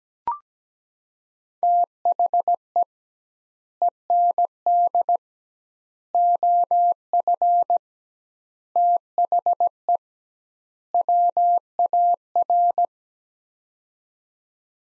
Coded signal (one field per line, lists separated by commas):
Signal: Morse code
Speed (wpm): 17 wpm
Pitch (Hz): 700 Hz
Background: none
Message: THE END OF THE WAR